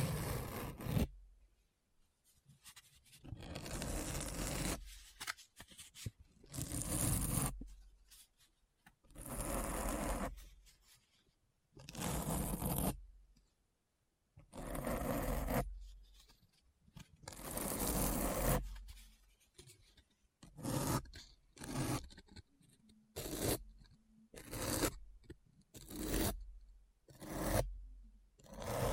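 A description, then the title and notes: Deep brain scratching sounds in repeated bursts, each a dense, rough rasp lasting one to two seconds with short silences between. The strokes start slower and longer, then grow shorter and quicker after about twenty seconds, some with a faint low hum underneath. ASMR Deep Brain Scratch (No Talking).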